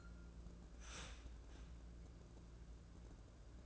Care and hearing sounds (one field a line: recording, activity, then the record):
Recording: daily activity, microphone in the room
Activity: start toaster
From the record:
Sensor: 2